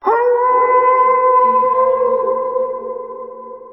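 Wolf howling, one long, steady note held at an even pitch for over three seconds, slowly fading at the end.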